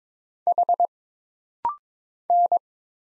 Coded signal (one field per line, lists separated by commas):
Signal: Morse code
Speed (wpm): 22 wpm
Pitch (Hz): 700 Hz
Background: none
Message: H N